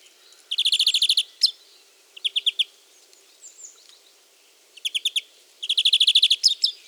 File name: Chloris chloris